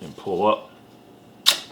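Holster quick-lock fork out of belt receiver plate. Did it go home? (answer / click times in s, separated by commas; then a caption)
released / 1.5 s. Someone talks briefly as the release tabs of a Safariland QLS holster quick-lock are squeezed and the polymer fork is pulled up out of its belt receiver plate. A sharp click at 1.5 s marks the fork unlatching, and the holster is released from the receiver.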